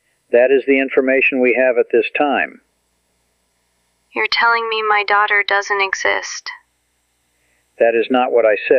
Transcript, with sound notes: That is the information we have at this time.
[Extended silence.] You're telling me my daughter doesn't exist.
[Very long pause.] That is not what I said.